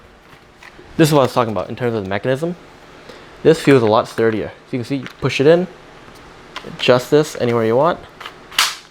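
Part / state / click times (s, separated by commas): massage head angle-adjust lock on a percussion massager / seated / 8.6 s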